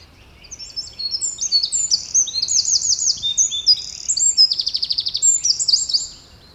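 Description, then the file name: Eurasian wren singing a long, very high, rapid outpouring of sharp notes, with a fast buzzy trill in the second half, over faint background hiss. "Troglodytes troglodytes"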